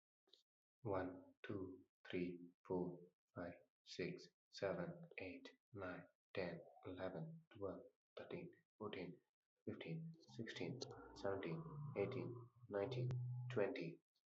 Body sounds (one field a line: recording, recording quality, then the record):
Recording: counting at a normal pace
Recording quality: moderate, slight background noise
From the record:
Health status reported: healthy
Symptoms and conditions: none ticked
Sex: male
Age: 25 years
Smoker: not ticked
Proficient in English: yes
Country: India